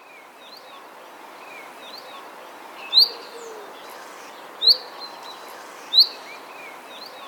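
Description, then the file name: Common chaffinch giving sharp, bright call notes, three clipped chinks spaced about one to two seconds apart, with faint twittering behind. "Fringilla coelebs"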